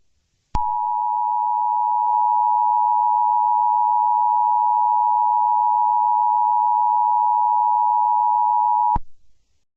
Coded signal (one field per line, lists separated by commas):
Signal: Emergency Alert System (SAME) tones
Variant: 853 and 960 Hz attention tone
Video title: EAS Severe Thunderstorm Warning for Maryland